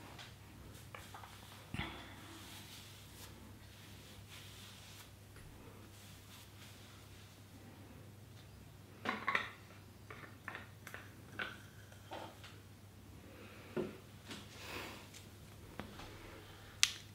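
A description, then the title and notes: Soft handling sounds: sparse taps, brushing and rubbing at irregular moments, busiest after nine seconds, over a low steady hum. ASMR Getting Ready For Bed (Lotion Sounds, Hair Brushing, Cottons, Tapping.)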